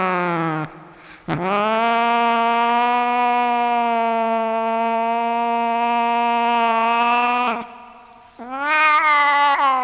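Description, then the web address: Cat calling with one very long, steady, drawn-out yowl lasting about six seconds, bracketed by shorter cries before and after. Cat named Sunshine. "sunshine the cat sunshine the cat-sounds of the cat"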